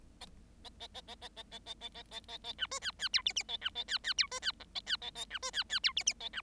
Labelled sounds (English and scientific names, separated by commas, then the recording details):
Bengalese Finch (Lonchura striata domestica) song
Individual Bird7